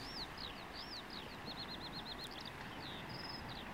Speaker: Ja, det är en sånglärka som stiger här ovanför strandängarna.